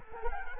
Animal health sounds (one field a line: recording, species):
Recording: mosquito wingbeat signal from an infrared sensor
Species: Culex quinquefasciatus